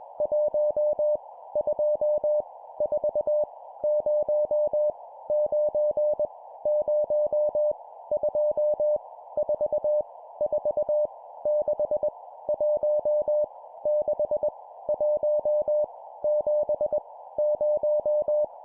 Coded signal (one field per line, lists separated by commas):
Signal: Morse code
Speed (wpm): 20 wpm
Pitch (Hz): 600 Hz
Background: none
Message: 1 2 4 0 9 0 2 4 4 6 1 6 1 7 0